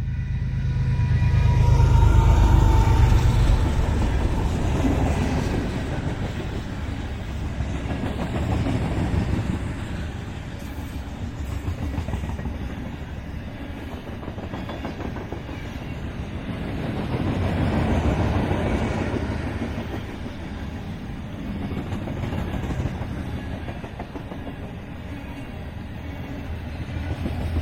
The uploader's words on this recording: BNSF Freight Train pass. A major BNSF line runs along the Columbia River Gorge that forms the border between Washington and Oregon states. I had also just acquired my first 32-bit recorder. These trains are long, and heavy, often requiring 2-4 engines to pull and another 1-3 to push.